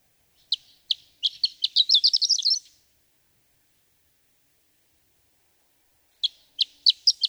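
Horned lark singing a thin, high, tinkling song: a few spaced introductory notes speed up into a rapid jumbled twitter, then a long pause before the next phrase begins.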